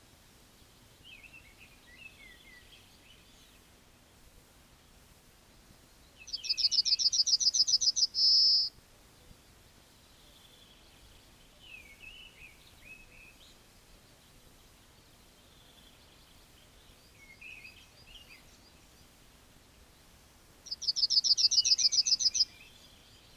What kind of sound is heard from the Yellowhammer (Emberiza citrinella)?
song